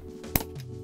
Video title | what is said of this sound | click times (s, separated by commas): Ultimate Best-Bang-For-Buck AMD Threadripper Build Guide - Step-by-step Tutorial | click did you hear that so if you go back to number one it just clicks number two | 0.4 s